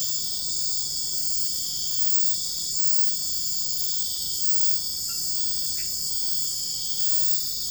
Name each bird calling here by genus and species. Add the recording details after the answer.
none. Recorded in dense forest near Puerto Asís, Putumayo, Colombia, on 21 February 2024 at 04:00. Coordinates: 0.487, -76.319. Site G6403